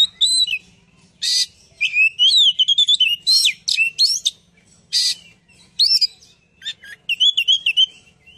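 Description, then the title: Bird song, a lively jumble of high whistled phrases, rapid trills and sharp chirps, varied and fast, with brief pauses between bursts. "Kicau Burung Yoi"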